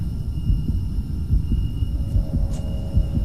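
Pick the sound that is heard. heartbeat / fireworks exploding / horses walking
heartbeat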